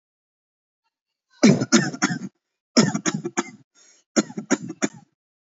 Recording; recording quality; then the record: shallow voluntary cough; excellent, no background noise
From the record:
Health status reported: healthy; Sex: male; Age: 34 years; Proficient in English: yes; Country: India